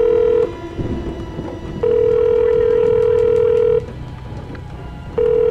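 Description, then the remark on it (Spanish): A phone call rings out: a steady mid-pitched ringback tone sounds in long, loud pulses, roughly two seconds on with pauses between, over a low rumbling background noise. No one speaks. “A ver si lo pilla.”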